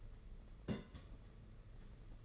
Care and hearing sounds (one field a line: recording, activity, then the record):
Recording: daily activity, microphone in the room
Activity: place on stove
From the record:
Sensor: 4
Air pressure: 992.8 hPa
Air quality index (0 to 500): 177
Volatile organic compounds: 354 ppm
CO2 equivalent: 4591 ppm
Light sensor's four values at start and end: 4/10/4/4 and 4/10/4/4